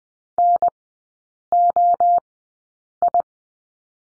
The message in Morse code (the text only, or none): NOI